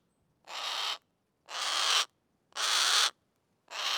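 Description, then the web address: Harris's hawk uttering four harsh, hissing shrieks about a second apart, each a rough burst lasting around half a second. Harsh call, squawk and shriek; Schoeps microphone. "Soundmind - Predatory Birds. Harris Hawk (Heniek)"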